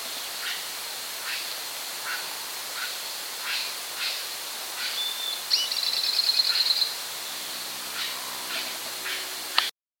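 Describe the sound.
Bird calls: short high chirps at intervals, with a rapid high-pitched trill lasting over a second in the middle, all over a steady hiss.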